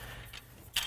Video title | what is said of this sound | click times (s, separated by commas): Airstream Nest | Rotate it, bring it down, lower the bottom part of the arm till it clicks. | 0.8 s